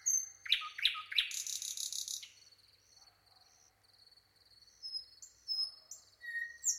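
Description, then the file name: Common nightingale song: sharp chips and a harsh buzzy rattle, then softer thin whistles. "Luscinia megarhynchos"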